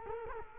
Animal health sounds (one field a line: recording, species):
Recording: mosquito wingbeat signal from an infrared sensor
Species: Culex quinquefasciatus